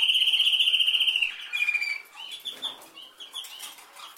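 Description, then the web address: Canary song: a loud, fast rolled trill lasting just over a second, followed by a short descending note and spaced chirps. "Golchin Best Canari Seda Canari. Niyaz Music)"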